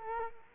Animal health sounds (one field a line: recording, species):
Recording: mosquito wingbeat signal from an infrared sensor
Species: Culex quinquefasciatus